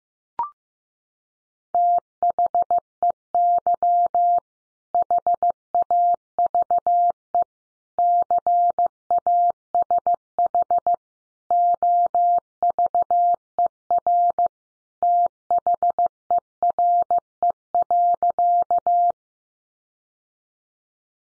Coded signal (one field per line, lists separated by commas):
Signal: Morse code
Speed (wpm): 14 wpm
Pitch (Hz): 700 Hz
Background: none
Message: THEY HAVE CASH OVER THERE.